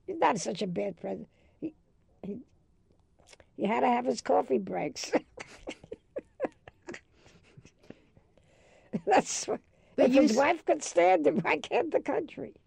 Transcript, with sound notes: He's not such a bad President! He had to have his coffee breaks! [Laughs] That's — if his wife can stand him, why can't the country?